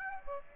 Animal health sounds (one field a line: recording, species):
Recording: mosquito wingbeat signal from an infrared sensor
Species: Aedes aegypti